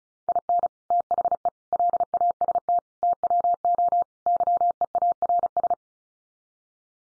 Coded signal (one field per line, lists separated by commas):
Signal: Morse code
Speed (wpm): 34 wpm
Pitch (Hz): 700 Hz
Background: none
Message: IN THE LAST TWO YEARS